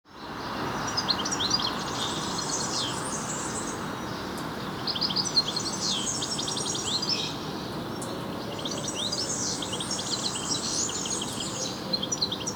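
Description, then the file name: European goldfinch chattering calls, quick tinkling twitters in three main bursts, over constant background noise. "Carduelis carduelis"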